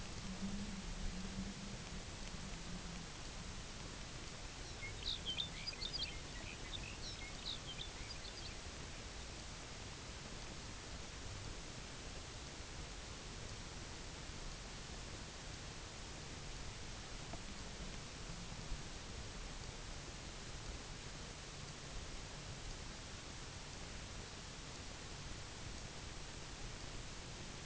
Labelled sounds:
Lapland Longspur
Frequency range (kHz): Lapland Longspur 1.5-6.9 kHz
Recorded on Arctic tundra, site UTQI-0, on 22 June 2018
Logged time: 12:00

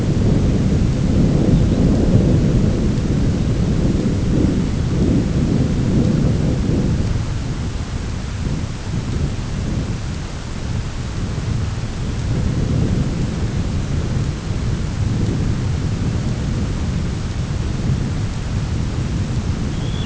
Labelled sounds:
unidentified sound
Dunlin
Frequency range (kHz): Dunlin 2.8-4.0 kHz
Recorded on Arctic tundra, site ZACK-1, on 10 June 2019
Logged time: 15:49

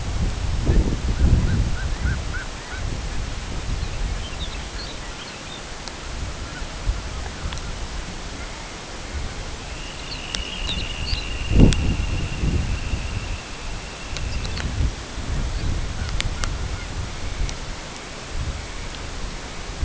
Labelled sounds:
unidentified sound
Lapland Longspur
Dunlin
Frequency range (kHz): Lapland Longspur 2.2-6.1 kHz; Dunlin 1.8-3.4 kHz
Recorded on Arctic tundra, site CORI-1, on 13 June 2018
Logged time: 16:00

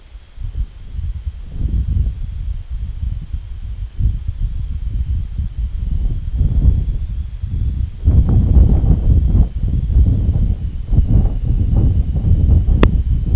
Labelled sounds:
none
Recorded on Arctic tundra, site IGLO-D, on 25 June 2018
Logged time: 08:00

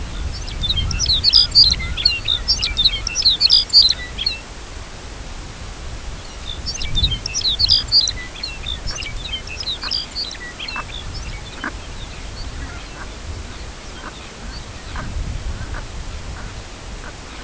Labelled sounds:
Lapland Longspur
unidentified sound
Brent Goose
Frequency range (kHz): Lapland Longspur 1.4-7.7 kHz
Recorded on Arctic tundra, site CORI-1, on 18 June 2018
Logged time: 04:00

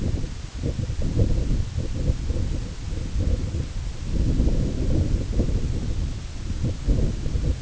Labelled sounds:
none
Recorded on Arctic tundra, site IGLO-A, on 16 June 2018
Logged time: 13:59

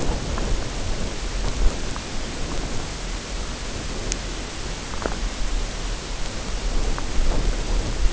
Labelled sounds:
none
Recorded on Arctic tundra, site UTQI-0, on 14 June 2019
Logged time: 16:00

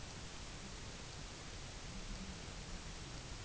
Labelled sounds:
none
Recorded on Arctic tundra, site UTQI-0, on 22 June 2018
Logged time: 12:00

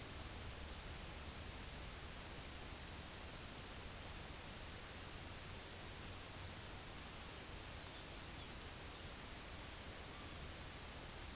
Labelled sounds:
unidentified sound
Common Raven
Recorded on Arctic tundra, site UTQI-5, on 23 June 2018
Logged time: 04:00

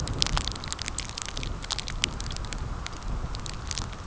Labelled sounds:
none
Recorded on Arctic tundra, site CORI-1, on 15 June 2018
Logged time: 10:00

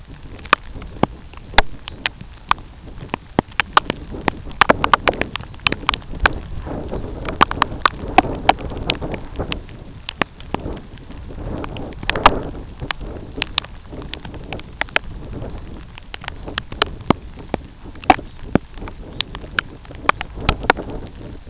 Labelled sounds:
Red Phalarope
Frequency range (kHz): Red Phalarope 2.8-4.9 kHz
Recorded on Arctic tundra, site UTQI-2, on 13 June 2019
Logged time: 12:00

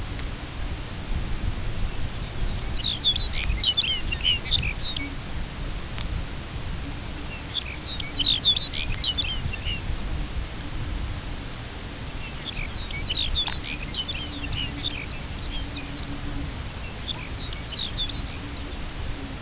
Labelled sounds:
Lapland Longspur
unidentified sound
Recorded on Arctic tundra, site UTQI-2, on 10 June 2019
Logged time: 16:00

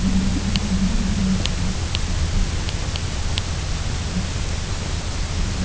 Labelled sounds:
none
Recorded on Arctic tundra, site UTQI-0, on 22 June 2018
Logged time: 18:00

